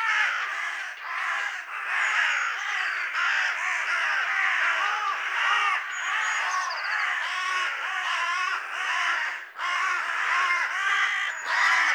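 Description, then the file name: Carrion Crow caws, many harsh calls overlapping into a continuous noisy chorus with barely a pause throughout, with faint thin whistles from another bird above. "Corvus corone"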